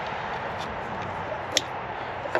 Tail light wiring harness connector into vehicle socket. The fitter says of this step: like that make sure you hear the click